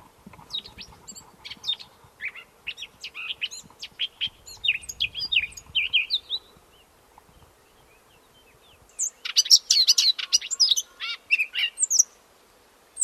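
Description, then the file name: Eurasian blackcap song: a softer, scattered twitter at first, then after a pause a louder, dense burst of rapid high warbling notes; faint low rumble early on. "Sylvia atricapilla"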